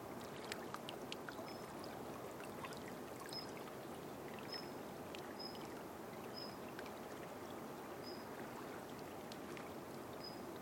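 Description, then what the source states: Bird giving several brief high notes against constant flowing water. Birdsong by the waterside along the Tama River in the morning, as clouds turn the colour of the morning sun.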